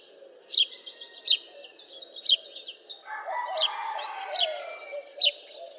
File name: Passer domesticus